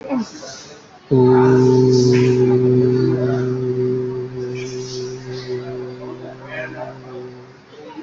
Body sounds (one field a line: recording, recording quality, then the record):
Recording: sustained vowel as in boot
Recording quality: moderate, slight background noise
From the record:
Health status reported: COVID-19 positive, moderate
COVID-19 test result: positive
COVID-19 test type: RT-PCR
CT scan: taken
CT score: 6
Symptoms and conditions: fever, fatigue, muscle pain, diarrhoea, hypertension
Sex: male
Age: 45 years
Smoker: no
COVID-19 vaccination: one dose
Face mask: worn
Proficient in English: yes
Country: India